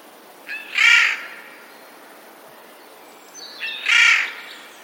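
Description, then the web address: Eurasian jay giving two harsh, rasping screeches about three seconds apart, each short and hoarse, with quiet background. Recorded 11 April 2021. "wroblowe ostrzegator sojka"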